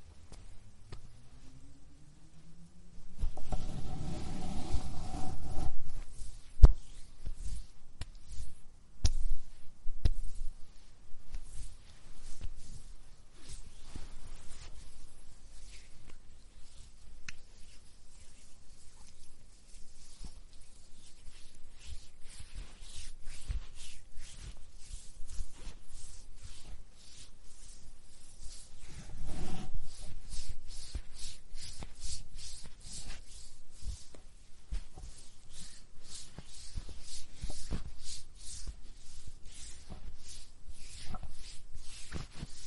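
Body lotion is rubbed and smeared onto skin, giving soft, dense rustling and slick patting strokes that run almost without pause. Around 3 to 6 seconds and again near 29 seconds there are heavier, fuller rubbing bursts, with a sharp tap just before 7 seconds.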